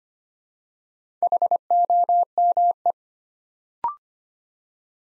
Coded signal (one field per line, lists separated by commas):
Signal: Morse code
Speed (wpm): 25 wpm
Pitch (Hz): 700 Hz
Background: none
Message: HOME